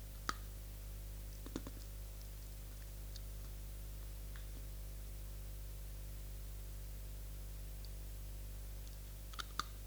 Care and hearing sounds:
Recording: daily activity, guitar pickup as the sensor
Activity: eat

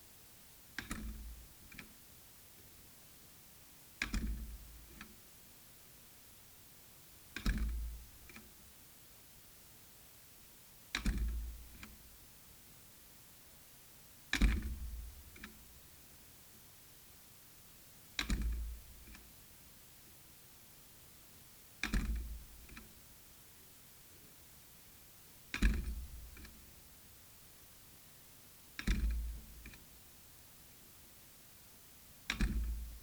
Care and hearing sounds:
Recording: daily activity, guitar pickup as the sensor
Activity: manipulate door

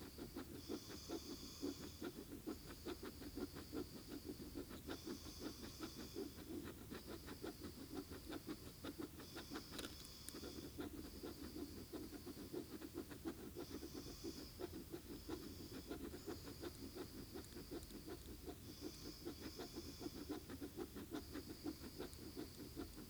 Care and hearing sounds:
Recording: daily activity, guitar pickup as the sensor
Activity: write

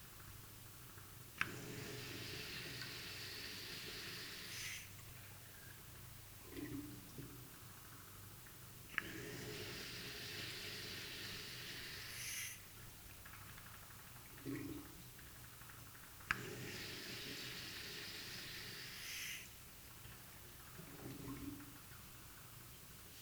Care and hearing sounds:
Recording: daily activity, guitar pickup as the sensor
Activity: flush

